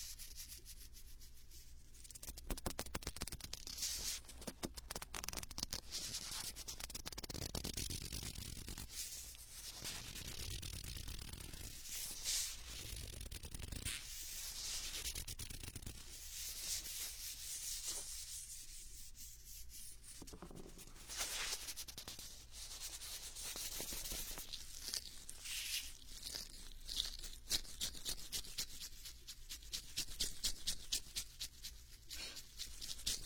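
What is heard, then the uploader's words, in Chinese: Ear covering and ear cupping sounds, with dense scratchy rubbing that runs almost without pause. Muffled low thuds swell around the middle, and fast rhythmic crackling bursts come and go, thickest near the end. 捂耳 耳朵拔罐 深海炸弹。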